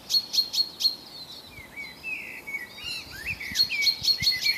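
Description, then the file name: Common chaffinch calls ring out in quick repeated bursts at the start and end, while rising and falling whistled phrases from another bird fill the middle. "Fringilla coelebs"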